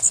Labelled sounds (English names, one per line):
Blackburnian Warbler flight call